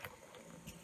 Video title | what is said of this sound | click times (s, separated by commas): Instant Pot Natural Pressure Release and Quick Release Explained--Instant Pot Tips | it's not letting me. | none